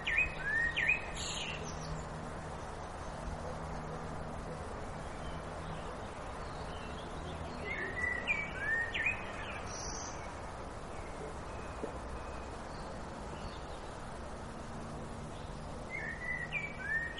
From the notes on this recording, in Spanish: sonidos de la naturaleza